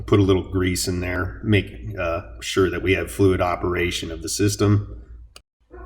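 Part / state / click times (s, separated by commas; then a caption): brake pad retaining clip into rear brake caliper bracket / seated / 5.4 s. Someone talks while a metal brake pad retaining clip, after the slide points are greased, is pressed into a rear brake caliper bracket. A short, sharp snap sounds at 5.4 s as the clip seats in place.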